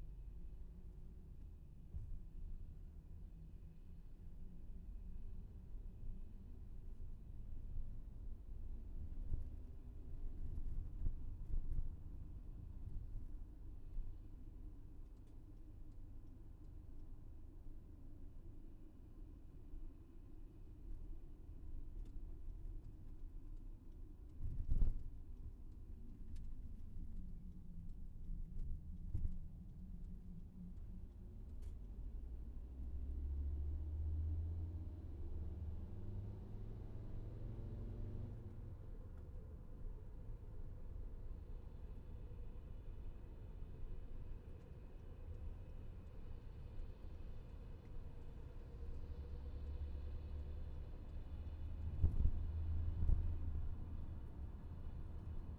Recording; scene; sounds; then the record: everyday scene through a hearing-aid microphone; in a vehicle; engine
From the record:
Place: VW T5 Caravelle, diesel engine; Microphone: behind the ear, left, rear